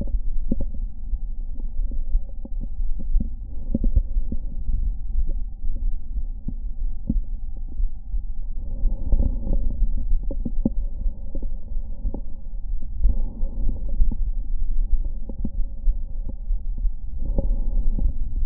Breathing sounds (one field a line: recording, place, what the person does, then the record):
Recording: lung sounds by stethoscope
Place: right anterior apical chest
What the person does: quiet breathing, then deep breathing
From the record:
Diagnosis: COPD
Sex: female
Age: 65 years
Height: 156 cm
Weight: 63.9 kg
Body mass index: 26.3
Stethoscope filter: diaphragm mode